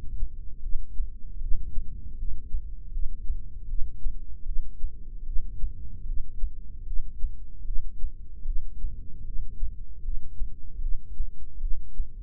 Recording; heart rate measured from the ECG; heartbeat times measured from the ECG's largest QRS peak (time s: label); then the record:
heart sounds by microphone in the left ear; 76 bpm
0.65 s: heartbeat
1.44 s: heartbeat
2.20 s: heartbeat
2.95 s: heartbeat
3.71 s: heartbeat
4.49 s: heartbeat
5.29 s: heartbeat
6.09 s: heartbeat
6.89 s: heartbeat
7.68 s: heartbeat
8.48 s: heartbeat
9.28 s: heartbeat
10.06 s: heartbeat
10.84 s: heartbeat
11.64 s: heartbeat
From the record:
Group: heart failure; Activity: rest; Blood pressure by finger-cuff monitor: 126/87 mmHg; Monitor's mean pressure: 102 mmHg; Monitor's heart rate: 76 bpm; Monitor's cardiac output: 6.9 L/min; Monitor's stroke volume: 90 mL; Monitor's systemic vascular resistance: 1090 dyn s/cm5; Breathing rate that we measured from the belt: 16 breaths a minute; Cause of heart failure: idiopathic cardiomyopathy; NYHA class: 1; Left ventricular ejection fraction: 50%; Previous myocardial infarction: absent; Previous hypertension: absent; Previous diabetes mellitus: absent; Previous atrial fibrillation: absent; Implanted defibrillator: absent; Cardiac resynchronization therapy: absent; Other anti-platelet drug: absent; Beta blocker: bisoprolol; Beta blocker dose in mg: 5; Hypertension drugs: candesartan, spironolactone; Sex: male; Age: 54 years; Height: 180 cm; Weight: 94.6 kg